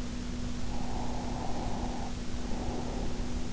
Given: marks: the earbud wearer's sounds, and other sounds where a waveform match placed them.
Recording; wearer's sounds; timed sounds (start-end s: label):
sounds in sleep by an in-ear microphone; breath
0.51-3.53 s: breath